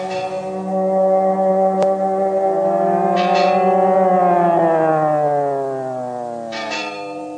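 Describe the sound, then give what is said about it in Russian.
In fog, a long, wavering siren wail holds steady and then slowly falls in pitch, while a couple of bell strikes ring out through it. No one speaks. “Сирена и колокола.”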